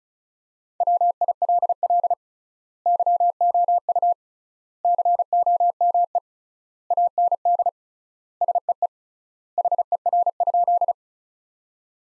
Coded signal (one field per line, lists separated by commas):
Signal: Morse code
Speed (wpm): 34 wpm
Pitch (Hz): 700 Hz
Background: none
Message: WILL YOU COME AND SEE HER?